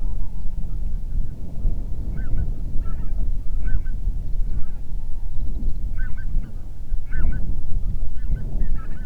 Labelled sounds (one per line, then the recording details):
songbird
waterfowl
wind
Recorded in the Prudhoe Bay oil fields, Alaska, on 31 July 2019 at 07:40
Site 24